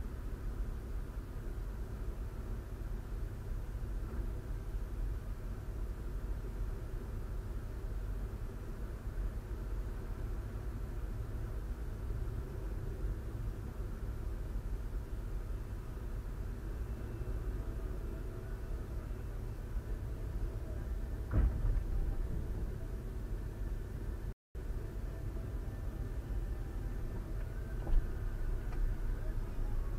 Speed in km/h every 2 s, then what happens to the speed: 0, 0, 0, 0, 0, 0, 0, 0, 0, 0, 0, 0, 0, 0, 0.
0-30 standing.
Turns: none.